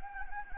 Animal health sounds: mosquito wingbeat signal from an infrared sensor; Anopheles gambiae

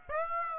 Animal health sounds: mosquito wingbeat signal from an infrared sensor; Aedes aegypti

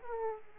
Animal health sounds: mosquito wingbeat signal from an infrared sensor; Aedes aegypti

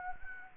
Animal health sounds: mosquito wingbeat signal from an infrared sensor; Anopheles gambiae

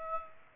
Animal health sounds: mosquito wingbeat signal from an infrared sensor; Aedes aegypti

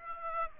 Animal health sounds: mosquito wingbeat signal from an infrared sensor; Aedes aegypti

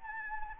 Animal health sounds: mosquito wingbeat signal from an infrared sensor; Anopheles gambiae

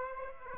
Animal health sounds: mosquito wingbeat signal from an infrared sensor; Aedes aegypti

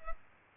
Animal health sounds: mosquito wingbeat signal from an infrared sensor; Culex pipiens

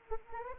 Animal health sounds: mosquito wingbeat signal from an infrared sensor; Anopheles arabiensis

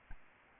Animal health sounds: mosquito wingbeat signal from an infrared sensor; Aedes albopictus

